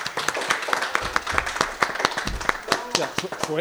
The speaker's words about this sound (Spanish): Ahí está escondido detrás de la columna. Un aplauso para él, qué narices.